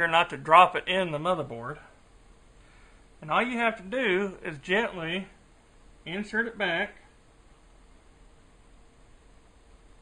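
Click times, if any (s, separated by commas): none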